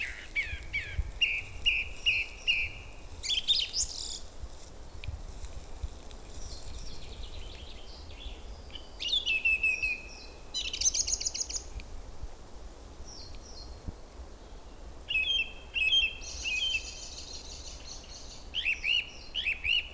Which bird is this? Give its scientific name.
Turdus philomelos